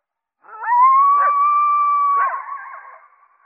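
Coyote giving a long steady howl, with a couple of harsher bursts breaking in and a trailing fade.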